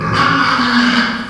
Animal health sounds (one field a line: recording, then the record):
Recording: squeal of a Yucatan mini pig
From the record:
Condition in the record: after surgery on the right vocal fold (resection and tissue-engineered implant)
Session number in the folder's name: 15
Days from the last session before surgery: 175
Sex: female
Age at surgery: 19 weeks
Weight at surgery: 25 kg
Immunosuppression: prednisolone